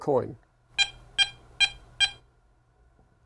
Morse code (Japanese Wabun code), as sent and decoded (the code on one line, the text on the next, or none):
none